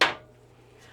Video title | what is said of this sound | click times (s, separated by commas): Inside Our RV Setup and Tear Down Process: Tips for Newbies & Pros! | You'll hear a little click when it's in. | 0.0 s